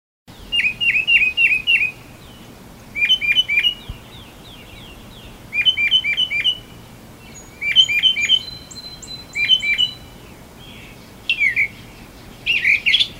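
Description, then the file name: Northern mockingbird singing high, bright phrases, each note repeated three to five times in quick bursts before switching to a new phrase, with short pauses between. "kicauan burung northern mockingbird. omkicau"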